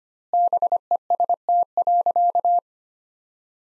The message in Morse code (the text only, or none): BEST.